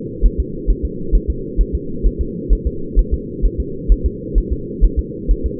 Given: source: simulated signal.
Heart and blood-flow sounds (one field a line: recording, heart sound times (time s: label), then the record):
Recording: fetal heart sounds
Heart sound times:
0.26 s: S1
0.40 s: S2
0.70 s: S1
0.85 s: S2
1.15 s: S1
1.30 s: S2
1.61 s: S1
1.75 s: S2
2.06 s: S1
2.21 s: S2
2.53 s: S1
2.67 s: S2
2.99 s: S1
3.14 s: S2
3.45 s: S1
3.60 s: S2
3.92 s: S1
4.06 s: S2
4.38 s: S1
4.52 s: S2
4.84 s: S1
4.99 s: S2
5.31 s: S1
5.46 s: S2
From the record:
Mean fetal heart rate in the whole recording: 130 bpm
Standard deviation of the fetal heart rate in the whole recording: 2 bpm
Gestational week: 36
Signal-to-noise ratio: -4.3 dB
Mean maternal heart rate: 72 bpm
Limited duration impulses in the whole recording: absent